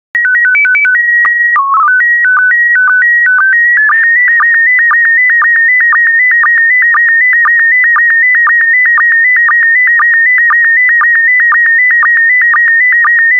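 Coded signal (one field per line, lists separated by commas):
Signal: SSTV (slow-scan television)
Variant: PD 120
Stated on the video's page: SSTV images sent in PD120 mode, generated for decoding practice.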